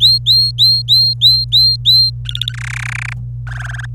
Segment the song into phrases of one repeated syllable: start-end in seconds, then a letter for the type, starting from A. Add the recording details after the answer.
0.00-2.10 A, 2.25-2.53 B, 2.54-3.13 C, 3.47-3.86 D. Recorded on 26 April 2018 at 08:52. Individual llb3